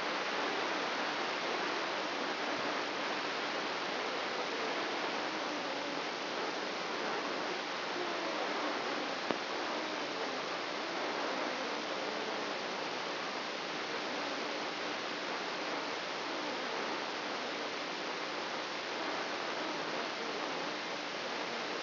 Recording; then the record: brain microelectrode recording played as sound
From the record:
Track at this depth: outside the subthalamic nucleus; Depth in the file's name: 8.304 mm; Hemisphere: left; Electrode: 3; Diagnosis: Parkinson's disease